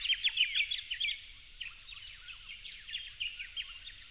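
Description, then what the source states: Yellow-faced honeyeater opens with a quick cluster of loud chirps, then quieter chirping with a few louder bursts. At dawn, 08/01/12.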